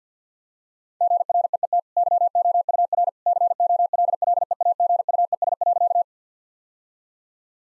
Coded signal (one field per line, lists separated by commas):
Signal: Morse code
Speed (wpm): 50 wpm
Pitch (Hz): 700 Hz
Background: none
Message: GREET YOUR COLLEAGUES.